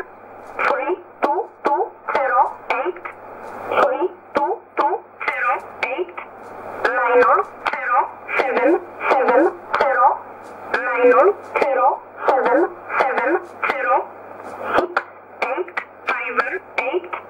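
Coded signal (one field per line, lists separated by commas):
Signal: numbers station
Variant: E11 (Oblique)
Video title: 03 03 2015 Numbers station E11 1304 on 15632 USB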